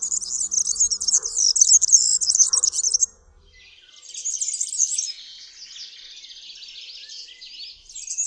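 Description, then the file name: European serin song: a rapid, high, buzzy jingle for about three seconds, a pause, then another shorter jangling burst trailing into a softer, lower twittering. "KULCZYK"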